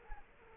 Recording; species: mosquito wingbeat signal from an infrared sensor; Culex quinquefasciatus